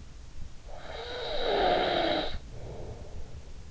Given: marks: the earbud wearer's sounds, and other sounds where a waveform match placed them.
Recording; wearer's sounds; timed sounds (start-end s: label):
sounds in sleep by an in-ear microphone; snoring breath
0.03-3.66 s: snoring breath